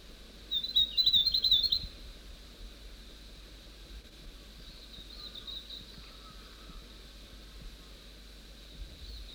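North Island tomtit song: a fast, high-pitched twittering phrase of about a second early on, followed by quiet background with faint chirps.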